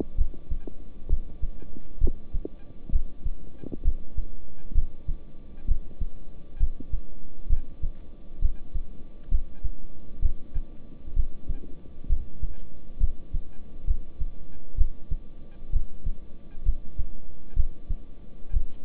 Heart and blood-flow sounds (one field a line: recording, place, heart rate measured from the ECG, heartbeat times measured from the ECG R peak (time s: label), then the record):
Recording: heart sounds by stethoscope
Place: between the tricuspid and mitral areas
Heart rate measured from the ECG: 65 bpm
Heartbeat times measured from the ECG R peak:
0.16 s: heartbeat
1.07 s: heartbeat
1.99 s: heartbeat
2.90 s: heartbeat
3.82 s: heartbeat
4.73 s: heartbeat
5.66 s: heartbeat
6.58 s: heartbeat
7.47 s: heartbeat
8.39 s: heartbeat
9.29 s: heartbeat
10.20 s: heartbeat
11.14 s: heartbeat
12.07 s: heartbeat
12.98 s: heartbeat
13.85 s: heartbeat
14.75 s: heartbeat
15.70 s: heartbeat
16.63 s: heartbeat
17.54 s: heartbeat
18.51 s: heartbeat
From the record:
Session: rest, lying down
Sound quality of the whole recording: good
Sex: male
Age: 26 years